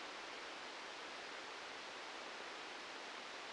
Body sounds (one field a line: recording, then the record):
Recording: brain microelectrode recording played as sound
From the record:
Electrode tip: outside the subthalamic nucleus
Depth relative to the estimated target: 2 mm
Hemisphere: left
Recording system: NeuroSet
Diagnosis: Parkinson's disease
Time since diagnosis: 13 years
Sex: male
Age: 63 years